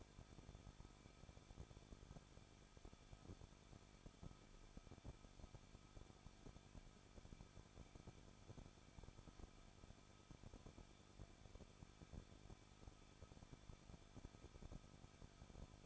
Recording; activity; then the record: daily activity, microphone in the room; no activity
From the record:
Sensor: 5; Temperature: 20.7 degrees Celsius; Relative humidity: 38.6%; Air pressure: 1006.4 hPa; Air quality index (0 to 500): 192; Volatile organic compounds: 21 ppm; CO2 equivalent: 2715 ppm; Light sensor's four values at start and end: 2/3/1/1 and 2/3/1/1